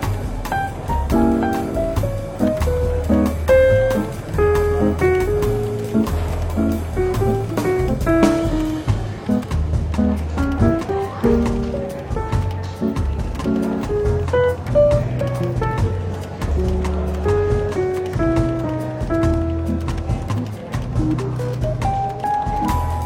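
Soft, relaxed jazz plays steadily in a London bookshop café, with a walking bass line underneath and melodic notes moving through the middle register. Light taps and clicks tick along throughout, and a faint murmur of café bustle sits beneath the music.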